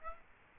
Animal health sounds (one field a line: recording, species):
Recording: mosquito wingbeat signal from an infrared sensor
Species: Aedes aegypti